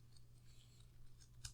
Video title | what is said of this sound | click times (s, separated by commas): New #FailFix Loves.Glam Unboxing, Analysis, and trying on TONS of clothes! | so we're supposed to press until it clicks behind the ears | 1.5 s